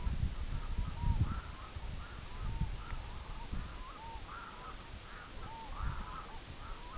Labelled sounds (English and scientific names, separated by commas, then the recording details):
Red-throated Loon (Gavia stellata)
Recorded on Arctic tundra, site EABA-MC, on 24 June 2019
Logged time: 12:00